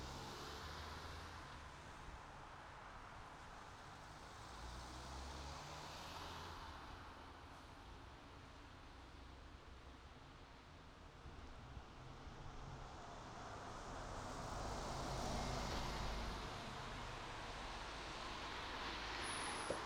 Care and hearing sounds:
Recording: everyday scene through a hearing-aid microphone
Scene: in traffic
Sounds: traffic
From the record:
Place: city secondary road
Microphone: in the ear canal, right

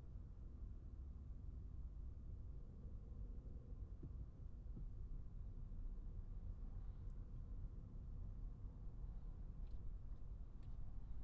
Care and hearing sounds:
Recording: everyday scene through a hearing-aid microphone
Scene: in a vehicle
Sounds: engine, traffic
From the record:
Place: Skoda Fabia, gasoline engine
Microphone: behind the ear, right, front

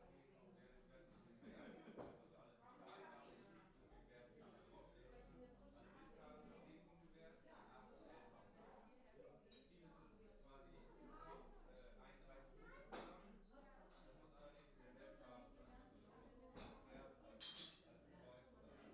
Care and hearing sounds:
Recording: everyday scene through a hearing-aid microphone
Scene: many people talking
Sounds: many voices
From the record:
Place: parish hall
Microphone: behind the ear, left, rear

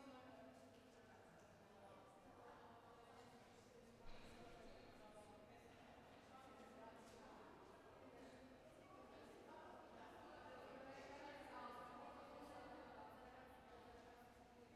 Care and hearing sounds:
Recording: everyday scene through a hearing-aid microphone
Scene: reverberant space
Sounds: background noise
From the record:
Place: railway station hall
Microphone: behind the ear, left, front

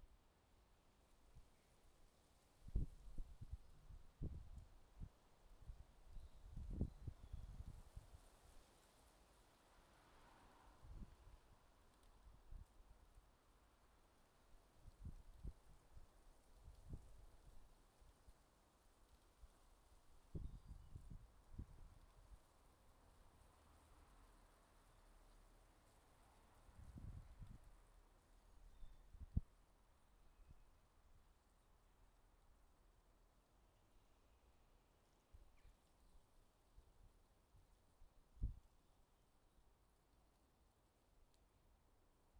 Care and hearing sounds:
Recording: everyday scene through a hearing-aid microphone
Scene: wind on the microphone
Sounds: wind, traffic, birds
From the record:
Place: suburban garden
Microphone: in the ear canal, left

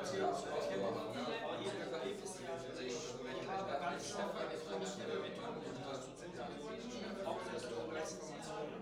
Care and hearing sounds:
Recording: everyday scene through a hearing-aid microphone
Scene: many people talking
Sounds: many voices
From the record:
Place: bistro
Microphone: in the ear canal, right

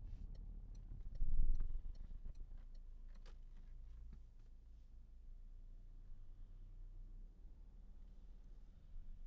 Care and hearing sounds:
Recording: everyday scene through a hearing-aid microphone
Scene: in a vehicle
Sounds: engine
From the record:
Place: Berlingo II, diesel engine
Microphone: behind the ear, left, front

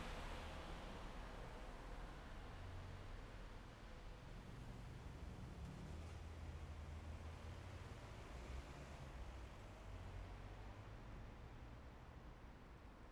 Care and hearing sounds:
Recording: everyday scene through a hearing-aid microphone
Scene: in traffic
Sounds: traffic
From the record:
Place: main city hub, rush hour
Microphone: behind the ear, left, rear

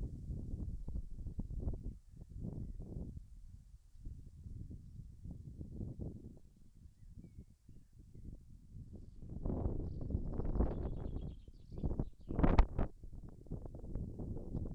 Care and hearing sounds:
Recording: everyday scene through a hearing-aid microphone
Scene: wind on the microphone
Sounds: wind, birds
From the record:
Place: in front of a rural house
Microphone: behind the ear, left, front

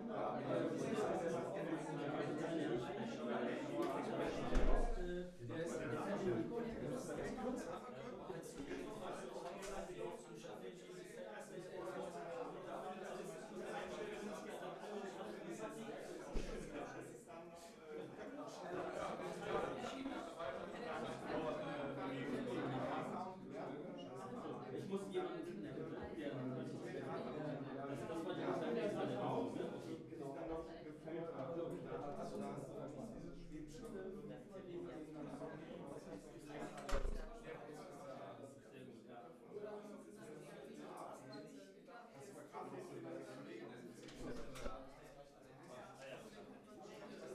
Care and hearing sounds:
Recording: everyday scene through a hearing-aid microphone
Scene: many people talking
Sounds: many voices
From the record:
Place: bistro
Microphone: behind the ear, left, rear

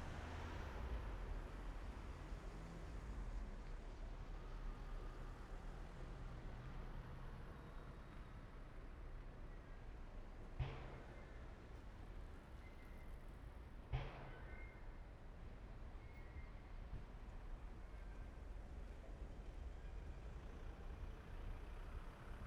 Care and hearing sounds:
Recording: everyday scene through a hearing-aid microphone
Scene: in traffic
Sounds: traffic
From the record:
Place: main road on the outskirts, rush hour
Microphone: behind the ear, right, rear

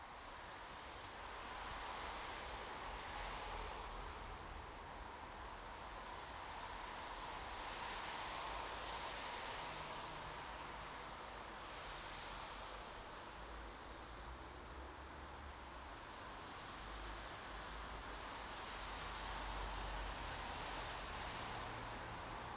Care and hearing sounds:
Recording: everyday scene through a hearing-aid microphone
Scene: in traffic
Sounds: traffic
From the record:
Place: bus stop on a city main road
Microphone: in the ear canal, right

